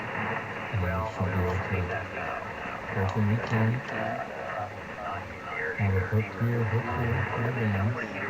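A frame hook is fitted toward its mating catch while a folding antenna frame is assembled, and someone talks throughout. Nothing has seated or clicked yet; the hook is handled but not yet home.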